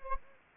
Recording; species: mosquito wingbeat signal from an infrared sensor; Anopheles gambiae